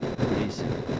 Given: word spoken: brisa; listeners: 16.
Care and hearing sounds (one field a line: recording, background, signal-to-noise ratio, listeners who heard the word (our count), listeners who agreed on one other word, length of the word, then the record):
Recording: one Spanish word in noise, from a listening test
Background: noise modulated by three-talker babble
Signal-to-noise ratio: -5.7 dB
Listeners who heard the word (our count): 1 of 16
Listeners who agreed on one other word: 9 of 16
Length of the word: 0.60 s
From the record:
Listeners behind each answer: 9, 1, 1, 1, 1, 1, 1, 1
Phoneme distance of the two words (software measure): 10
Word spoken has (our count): 2 syllables, 5 phonemes, stress on syllable 1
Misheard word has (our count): 2 syllables, 5 phonemes, stress on syllable 1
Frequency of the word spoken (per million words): 8.88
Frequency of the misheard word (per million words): 26.08